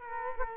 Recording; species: mosquito wingbeat signal from an infrared sensor; Culex quinquefasciatus